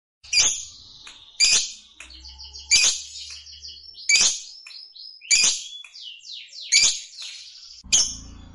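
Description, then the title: Lovebird giving loud, sharp, squeaky notes at fairly regular intervals, linked by softer rasping, twittering phrases. Fighter-type lovebird singing energetically in the gacor style. "Berkat SUARA Lovebird FIGHTER GACOR Ini"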